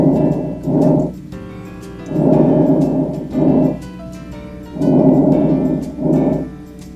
Vesicular lung sounds, which are characterized with a longer inspiratory time and a shorter expiratory time, estimated to be approximately 3 to 1. Notice again the sound is hollow. This is heard over the main channels of the lungs and is not so much at the bases.